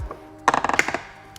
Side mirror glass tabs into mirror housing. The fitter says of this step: and press them in a place but you should be able to hear them click in a place